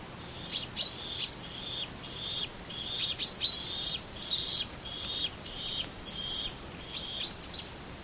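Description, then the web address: Bird calls: a long series of high, thin chirped phrases repeated in quick succession over background hiss. "Deverinetal 2025 File origin Bird Only"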